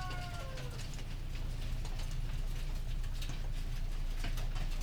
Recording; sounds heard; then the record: poultry house recording; healthy chickens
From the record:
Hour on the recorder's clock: 19